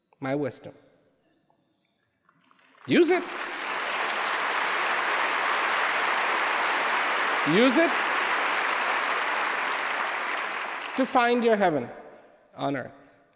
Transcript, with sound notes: my wisdom, use it, (applause) use it to find your heaven on earth.